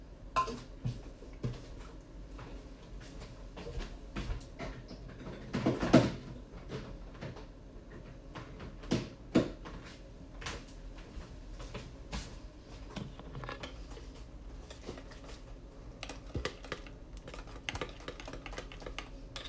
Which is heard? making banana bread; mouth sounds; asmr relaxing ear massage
making banana bread